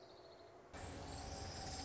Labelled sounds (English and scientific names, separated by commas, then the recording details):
Orange-crowned Warbler (Leiothlypis celata)
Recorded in Sonoma County, California